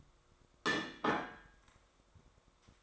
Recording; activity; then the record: daily activity, microphone in the room; place plate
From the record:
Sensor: 3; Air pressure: 1004.3 hPa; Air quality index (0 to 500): 197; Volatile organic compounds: 14 ppm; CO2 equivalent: 2464 ppm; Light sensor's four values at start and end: 4/10/3/3 and 4/11/4/4